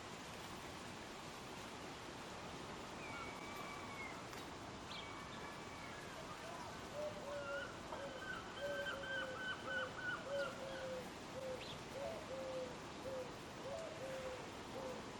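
A Eurasian Hoopoe gives soft, low repeated hoots from about seven seconds onward, over a steady rushing hiss that fills the whole clip.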